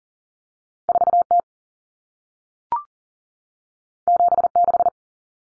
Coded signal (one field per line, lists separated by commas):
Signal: Morse code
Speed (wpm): 40 wpm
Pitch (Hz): 700 Hz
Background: none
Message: 4T 76